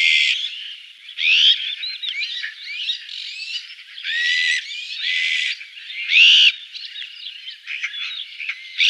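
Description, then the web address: Azure-winged magpie calls, a busy overlapping mix of harsh buzzy bursts and quick rising and falling whistled notes, nearly continuous throughout. "Schulze Peter Azure-winged Magpie calls"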